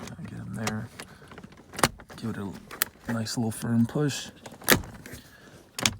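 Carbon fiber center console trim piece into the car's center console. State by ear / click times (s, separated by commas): seated / 5.8 s, 5.9 s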